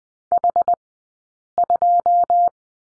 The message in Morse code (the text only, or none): H2